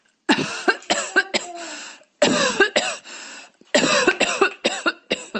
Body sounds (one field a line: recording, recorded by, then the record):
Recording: voluntary cough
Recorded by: messaging app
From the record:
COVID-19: negative